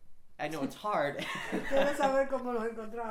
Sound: chuckles

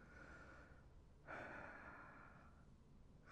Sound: sighs

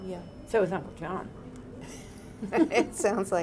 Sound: chuckles

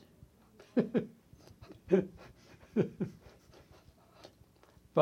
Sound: laughs

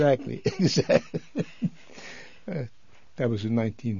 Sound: he laughs

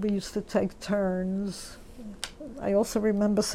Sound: none

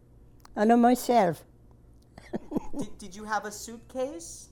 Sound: laughs

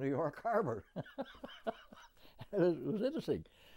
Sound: laughs

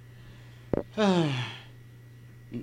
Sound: she sighs

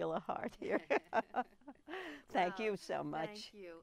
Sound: laughs

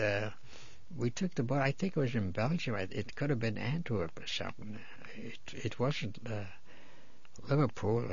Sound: none

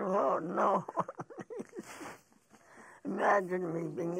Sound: laughing

